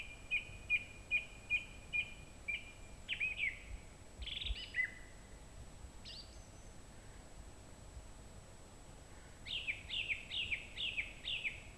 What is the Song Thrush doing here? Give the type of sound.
song